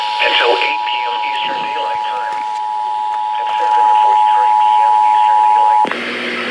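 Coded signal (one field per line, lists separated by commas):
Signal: Emergency Alert System (SAME) tones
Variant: 853 and 960 Hz attention tone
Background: speech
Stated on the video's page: Severe thunderstorm warning received on AM/FM radio as a relay from a radio station.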